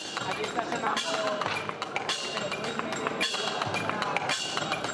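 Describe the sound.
A ping-pong ball bounces and clatters repeatedly while a small robotic hammer taps a cocktail glass in a machine-music sound installation at a festival, giving bright ringing clinks in an uneven rhythm over a steady murmur of people talking.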